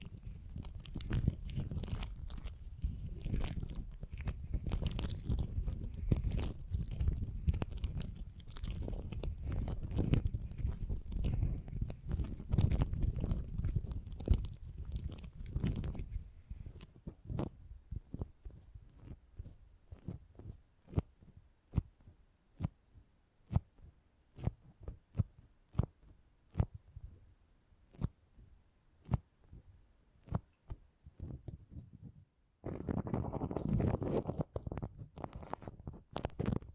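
Beeswax being handled and pressed, giving a dense run of soft crackles and squishes with a low rumbling body for the first fifteen seconds. It then thins to sparse, sharp clicks and snaps, before a thicker, fuller crackling returns near the end.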